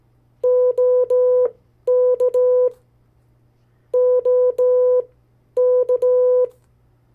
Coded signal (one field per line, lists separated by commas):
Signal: Morse code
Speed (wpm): 17 wpm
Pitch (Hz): 500 Hz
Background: none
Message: OK OK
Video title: 50 State Abbreviations, Variable speeds, in CW Video #4